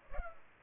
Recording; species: mosquito wingbeat signal from an infrared sensor; Culex pipiens